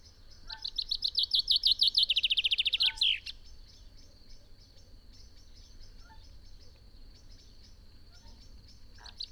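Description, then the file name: Common chaffinch song: a rapid trill of bright notes falling gradually in pitch, ending in a short flourish, then faint chirps. "Fringilla coelebs"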